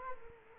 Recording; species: mosquito wingbeat signal from an infrared sensor; Culex quinquefasciatus